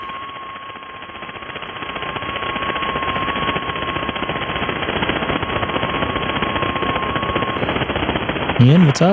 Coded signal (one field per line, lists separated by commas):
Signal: FT8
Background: speech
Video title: 🔴 K6EGG Live stream 8-24-25 DMR, DStar, HF and FT8 Icom IC-9700 AND IC-7610 HF antenna